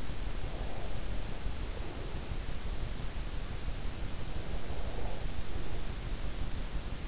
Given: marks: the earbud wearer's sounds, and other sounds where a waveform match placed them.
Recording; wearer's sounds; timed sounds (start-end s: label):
sounds in sleep by an in-ear microphone; breath
0.26-2.41 s: breath
3.87-6.54 s: breath